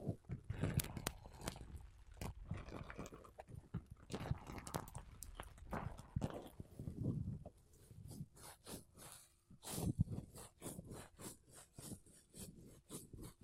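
Makeup brushes and a sponge rub across a microphone in quick, uneven soft scratchy strokes, with low thumps and short pauses throughout.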